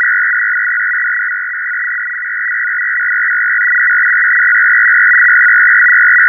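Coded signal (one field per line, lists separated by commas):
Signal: numbers station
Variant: F01 FSK, 500 Hz shift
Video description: Russian digital numbers station F01 FSK 500Hz signal operated on USB +1700Hz. This signal originated from Habana, Cuba and is the digital counterpart to the Russian 6 operator family ran by the GRU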